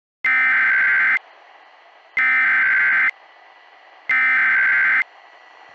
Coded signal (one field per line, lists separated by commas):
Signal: Emergency Alert System (SAME) tones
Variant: header bursts